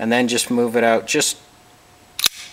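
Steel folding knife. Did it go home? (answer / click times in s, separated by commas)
released / 2.2 s, 2.3 s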